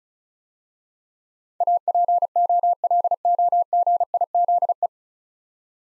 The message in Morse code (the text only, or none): APOLOGIZE